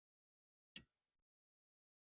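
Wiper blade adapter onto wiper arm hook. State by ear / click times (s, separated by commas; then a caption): not seated / none. A plastic wiper blade's adapter is being handled as the J-hook of the metal wiper arm goes through it, before the blade is pushed up to snap into place on the arm. A sharp broadband knock at 0.8 s fades into a faint rustle that ends around 1.2 s, followed by silence. Nothing has seated or clicked yet.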